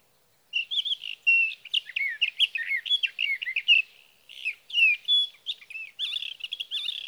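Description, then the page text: Sage thrasher song, a hurried jumble of warbled, slurred and chipping notes with only a brief break, including a clear whistle in the later part. Male singing near his night roost through the night, June 12 to 15, 2018, Sierra Valley, California; recorded with a Swift recorder. "61. Sage thrasher songs, through the night. For three nights, from the evening of June 12 to the morning of June 15, 2018, in Sierra Valley, California"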